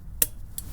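A torque wrench tightens the next wheel lug nut the same way and gives one loud, sharp click at 0.2 s as it reaches its setting, followed by a fainter tick at about 0.6 s. The lug nut is confirmed torqued.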